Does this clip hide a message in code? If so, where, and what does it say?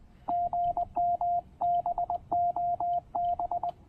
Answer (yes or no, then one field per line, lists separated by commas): yes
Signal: Morse code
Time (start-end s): 0.3-3.7 s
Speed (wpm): 22 wpm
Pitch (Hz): 700 Hz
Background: radio noise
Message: GM BOB